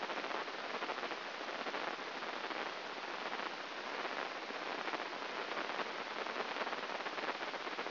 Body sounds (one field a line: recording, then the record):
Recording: brain microelectrode recording played as sound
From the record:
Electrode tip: inside the subthalamic nucleus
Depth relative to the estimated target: 0 mm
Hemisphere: right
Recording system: AlphaMap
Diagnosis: Parkinson's disease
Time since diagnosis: 12 years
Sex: male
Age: 57 years